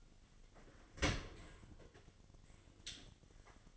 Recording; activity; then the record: daily activity, microphone in the room; open dishwasher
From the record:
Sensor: 4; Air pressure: 1007.5 hPa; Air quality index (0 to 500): 197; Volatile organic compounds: 7 ppm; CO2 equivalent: 1967 ppm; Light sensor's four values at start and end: 23/71/27/26 and 22/70/27/26